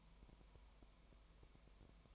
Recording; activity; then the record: daily activity, microphone in the room; no activity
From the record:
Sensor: 1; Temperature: 19.1 degrees Celsius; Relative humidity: 34.0%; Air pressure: 1001.3 hPa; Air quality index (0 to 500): 82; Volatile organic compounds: 1 ppm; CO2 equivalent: 818 ppm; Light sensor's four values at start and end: 1/2/1/1 and 1/2/1/1